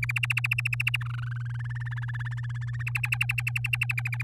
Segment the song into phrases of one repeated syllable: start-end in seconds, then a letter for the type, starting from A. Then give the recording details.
0.02-0.97 A, 1.01-1.52 B, 1.54-2.83 C, 2.87-4.23 D. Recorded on 8 May 2018 at 05:37. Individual llb16